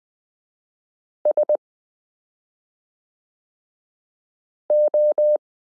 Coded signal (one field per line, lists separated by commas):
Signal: Morse code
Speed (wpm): 20 wpm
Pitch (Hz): 600 Hz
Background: none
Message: SO